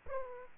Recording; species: mosquito wingbeat signal from an infrared sensor; Aedes aegypti